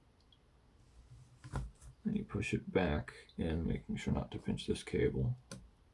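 A metal heat sink assembly for an Asus Zephyrus G14 (2022 & 2023) is handled at an angle and pushed back into the laptop chassis, taking care not to pinch a cable, while someone talks. Faint handling taps and knocks are heard. Nothing has seated or clicked into place yet.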